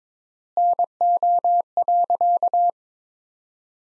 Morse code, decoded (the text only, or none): NO.